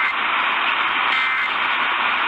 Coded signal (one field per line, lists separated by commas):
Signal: Emergency Alert System (SAME) tones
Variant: end-of-message bursts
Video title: One Night=Lots Of Warnings...EAS Alerts From August 27, 2020 (EAS# 441-453)